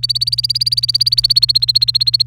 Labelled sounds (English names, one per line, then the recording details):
Domestic Canary song
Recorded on 29 April 2018 at 10:31
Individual llb3